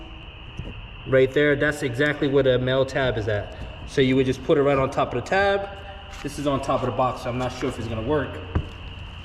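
A plastic interlocking garage floor tile is handled, with its loop positioned over the male tab of an adjoining tile while resting on top of a box. A man talks throughout, with a faint steady high tone in the background. Nothing has seated or clicked yet.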